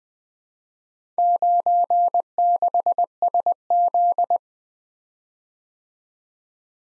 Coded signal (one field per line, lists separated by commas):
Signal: Morse code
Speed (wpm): 20 wpm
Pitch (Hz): 700 Hz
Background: none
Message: 96SZ